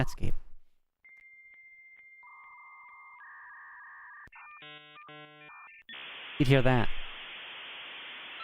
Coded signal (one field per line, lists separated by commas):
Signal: dial-up modem handshake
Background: speech